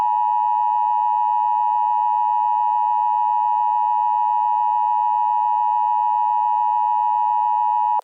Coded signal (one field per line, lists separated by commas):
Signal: Emergency Alert System (SAME) tones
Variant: 853 and 960 Hz attention tone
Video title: EAS Scenario #13: Super Bowl Sabotage